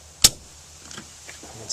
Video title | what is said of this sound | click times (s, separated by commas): P0455 Troubleshooting and Repair with DIY Smoke Machine | more substantial click and you can kind of feel it tighten up more | 0.2 s